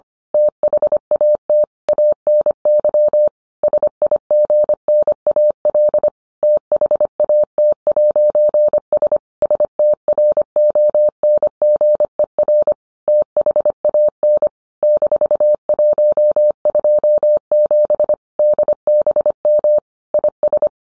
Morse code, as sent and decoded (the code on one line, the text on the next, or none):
- .... .- - / .- -. -.-- / ... .. --. -. .- .-.. / - .... .- - .----. ... / ... - .-. --- -. --. . .-. / - .... .- -. / -....- .---- ..--- --... / -.. -... -- / .. ...
THAT ANY SIGNAL THAT'S STRONGER THAN -127 DBM IS